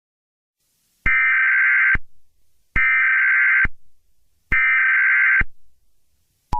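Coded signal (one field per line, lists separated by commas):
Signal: Emergency Alert System (SAME) tones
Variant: header bursts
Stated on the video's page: Fictional EAS scenarios simulating cyberattack and attack alerts.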